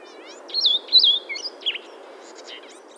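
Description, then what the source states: Blue-headed Vireo song: a few short slurred phrases, followed by some brief high chirps. Recorded in Acadia National Park, Maine, by a volunteer project documenting the park's bird sounds.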